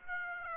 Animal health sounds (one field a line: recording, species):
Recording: mosquito wingbeat signal from an infrared sensor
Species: Aedes aegypti